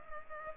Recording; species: mosquito wingbeat signal from an infrared sensor; Culex pipiens